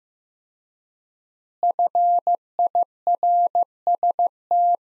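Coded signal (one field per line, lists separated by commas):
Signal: Morse code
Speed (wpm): 15 wpm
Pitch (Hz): 700 Hz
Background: none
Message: FIRST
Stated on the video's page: Morse practice sets of five words at 15 wpm with 4x word spacing, similar to Farnsworth; each set is sent in Morse then spoken.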